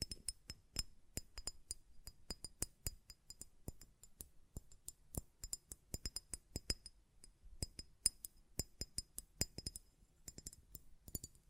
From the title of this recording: Glass Perfume Bottle Tapping & Lid Sounds